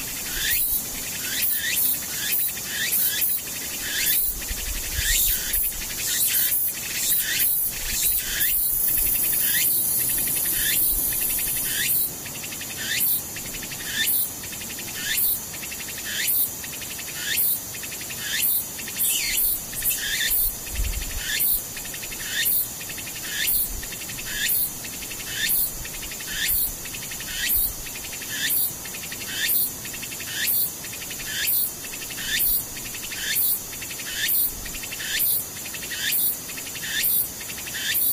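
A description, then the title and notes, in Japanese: A tsukutsuku-boshi cicada's dense, bright buzzing fills roughly the first twelve seconds, then drops away. Insects carry on alone with high, evenly spaced chirps, about one or two a second, steady to the end, with a soft low thump near twenty seconds. ツクツクホーシからムシ。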